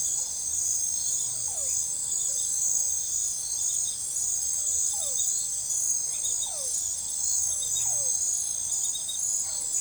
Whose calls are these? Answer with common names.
none